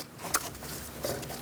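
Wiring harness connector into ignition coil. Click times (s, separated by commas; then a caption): 0.3 s. A wiring harness electrical connector is pushed onto the ignition coil of a 2000-2006 Mini Cooper 1.6L L4 engine. A sharp click at 0.3 s marks it locking into place, followed by a fainter tap near 1.4 s. The connector is seated.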